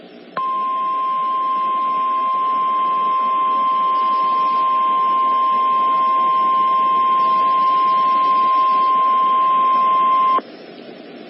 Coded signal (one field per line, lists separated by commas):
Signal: Emergency Alert System (SAME) tones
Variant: 1050 Hz attention tone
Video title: Severe Thunderstorm Warning (EAS #309)